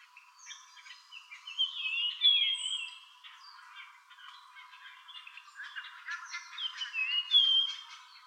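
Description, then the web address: Japanese grosbeak calls: short slurred whistled notes and chattering phrases in two bursts around two and seven seconds, with a few high thin notes. 3 April 2013. "birdenaga ikaru 130403"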